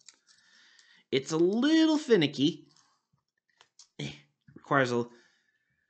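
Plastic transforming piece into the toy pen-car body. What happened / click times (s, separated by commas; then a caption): The plastic part is handled but not yet snapped into place / none. A plastic pen that transforms into a toy car is being unfolded by hand, with its plastic transforming piece worked into the toy pen-car body. Someone talks between faint, brief handling taps and clicks. The piece has not snapped into place yet; nothing has seated.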